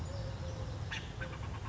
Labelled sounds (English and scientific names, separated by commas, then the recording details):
Eurasian Collared Dove (Streptopelia decaocto)
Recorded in Sonoma County, California